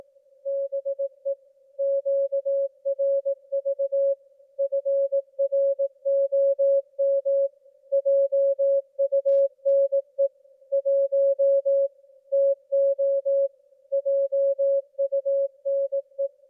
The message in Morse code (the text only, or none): BE QRV FROM JUNE 1 TO JUNE